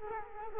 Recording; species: mosquito wingbeat signal from an infrared sensor; Culex quinquefasciatus